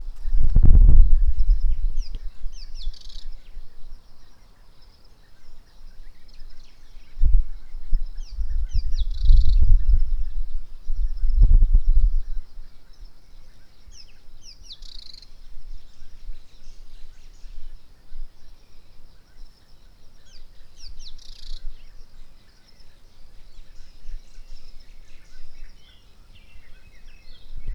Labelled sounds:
Rattling Cisticola
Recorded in northern Uganda

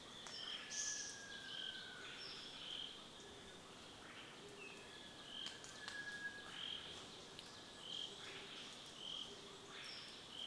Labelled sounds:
Red-eyed Dove
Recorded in Kibale, Uganda

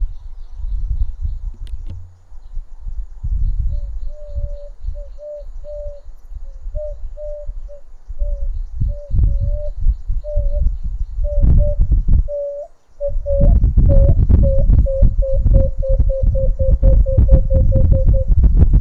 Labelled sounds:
Emerald-spotted Wood-Dove
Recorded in northern Uganda

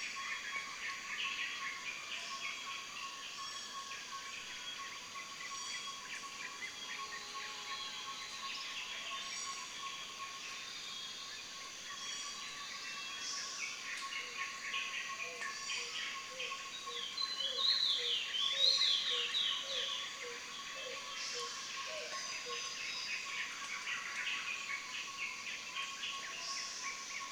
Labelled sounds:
Black-headed Paradise-flycatcher
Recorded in Kibale, Uganda

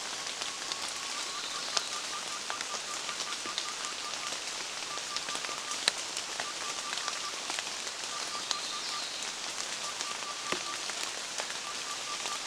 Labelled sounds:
Yellow-throated Tinkerbird
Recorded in Kibale, Uganda

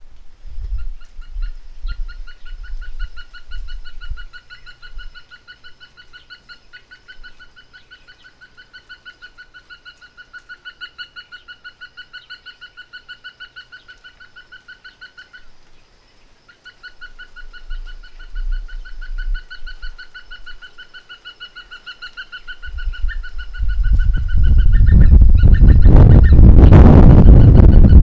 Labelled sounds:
Hemprich's Hornbill
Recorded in northern Uganda

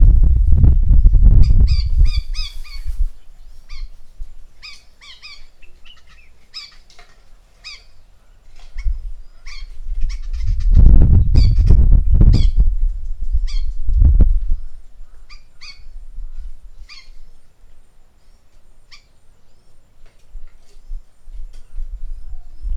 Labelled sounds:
White-rumped Shrike
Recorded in northern Uganda

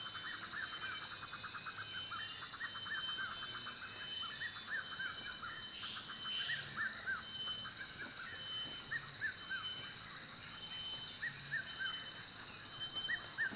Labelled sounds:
Red-chested Cuckoo
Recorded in Kibale, Uganda

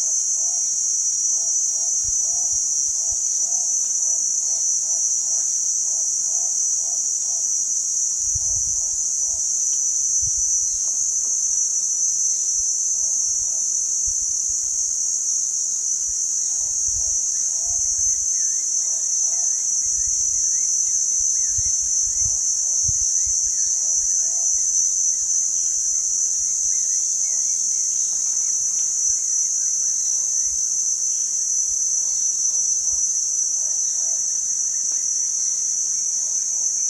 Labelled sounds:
Crowned Eagle
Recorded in Kibale, Uganda

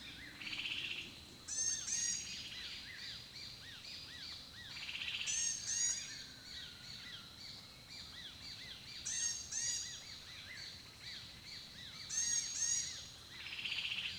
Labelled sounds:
Green-headed Sunbird
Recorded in Kibale, Uganda

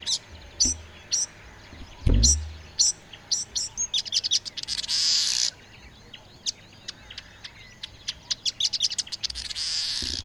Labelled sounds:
Vitelline Masked-Weaver
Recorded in northern Uganda

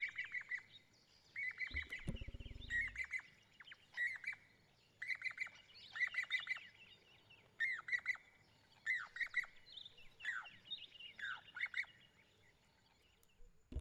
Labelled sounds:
Pied Cuckoo
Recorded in northern Uganda

